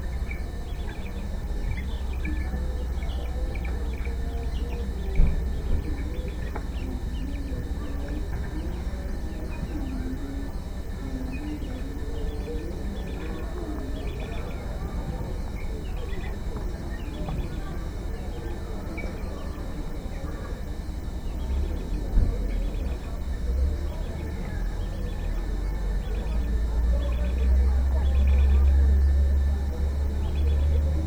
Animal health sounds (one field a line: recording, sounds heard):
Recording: poultry house recording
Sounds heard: healthy chickens